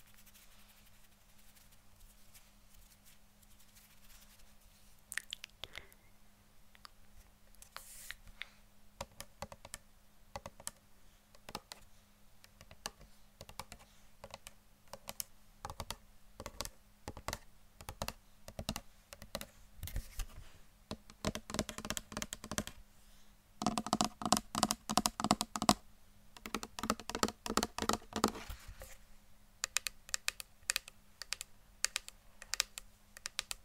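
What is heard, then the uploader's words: Tapping, sharp and clicky like fingers on a keyboard, starting sparse and picking up after about five seconds into quick, irregular bursts. The densest, loudest run comes between roughly 23 and 29 seconds. A low steady hum sits underneath throughout. ASMR Best Tapping.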